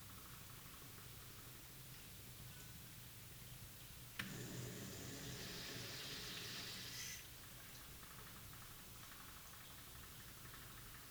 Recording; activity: daily activity, guitar pickup as the sensor; flush